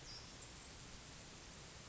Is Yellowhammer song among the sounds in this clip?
no